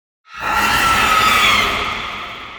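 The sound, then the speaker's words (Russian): A monster in a crater, struck by a blinding flash of light, lets out a deafening shriek after a brief silence, a loud, sustained, harsh screech with strong high-pitched tones that holds steady before slowly fading slightly. “Оглушающий визг ударил по ушам.”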